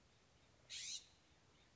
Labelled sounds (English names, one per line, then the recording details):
California Scrub-Jay
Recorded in Sonoma County, California